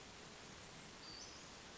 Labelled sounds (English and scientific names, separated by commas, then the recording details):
Western Flycatcher (Empidonax difficilis)
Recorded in Sonoma County, California